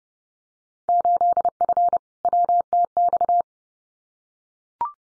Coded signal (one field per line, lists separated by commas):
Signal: Morse code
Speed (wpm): 30 wpm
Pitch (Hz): 700 Hz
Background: none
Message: 8F WTX